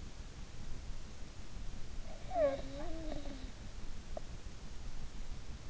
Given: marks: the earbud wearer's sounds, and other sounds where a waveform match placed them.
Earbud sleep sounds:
sounds in sleep by an in-ear microphone; breath
2.03-4.33 s: breath

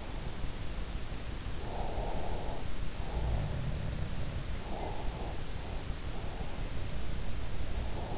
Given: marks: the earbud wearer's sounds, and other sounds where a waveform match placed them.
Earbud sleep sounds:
sounds in sleep by an in-ear microphone; breath
1.69-2.69 s: breath
3.07-5.68 s: sound from someone else or the room
4.54-5.68 s: breath
6.58-8.18 s: sound from someone else or the room

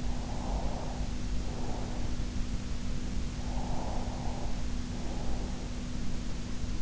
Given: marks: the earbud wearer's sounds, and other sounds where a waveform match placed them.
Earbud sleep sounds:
sounds in sleep by an in-ear microphone; breath
0.00-2.17 s: breath
3.28-5.62 s: breath

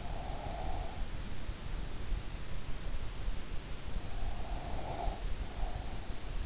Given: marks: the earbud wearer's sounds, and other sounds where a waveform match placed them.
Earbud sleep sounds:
sounds in sleep by an in-ear microphone; breath
0.00-1.05 s: breath
4.08-6.07 s: breath

